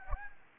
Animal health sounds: mosquito wingbeat signal from an infrared sensor; Anopheles gambiae

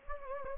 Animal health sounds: mosquito wingbeat signal from an infrared sensor; Anopheles gambiae

